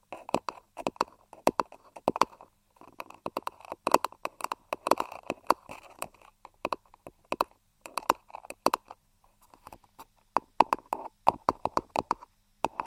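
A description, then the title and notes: Quick, crisp tapping comes in irregular bursts and short runs, each tap sharp with a bright click. Brief pauses break up the clusters, and a faint soft rustle sits between taps. Tapping.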